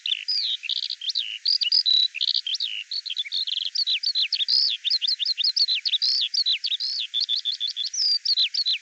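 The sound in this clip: Bird song, continuous and rapid, mixing high chirps, slurred whistles and brief buzzy notes in a busy, unbroken stream.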